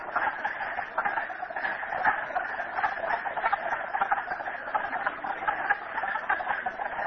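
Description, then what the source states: Frogs chorusing, a thick, even stream of quick rattling and clucking pulses from many callers. Frogs recorded at Merryspring.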